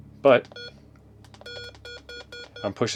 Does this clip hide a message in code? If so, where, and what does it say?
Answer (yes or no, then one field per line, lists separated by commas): no